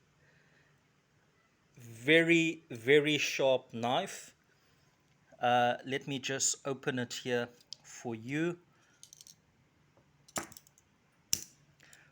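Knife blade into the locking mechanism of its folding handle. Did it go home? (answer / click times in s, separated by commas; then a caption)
yes / 11.3 s. Someone talks, then opens a ratchet folding knife: quiet ticks sound as the carbon steel blade swings out, and at 11.3 s it snaps into its locked open position in its folding handle with one sharp click. The blade locks in place.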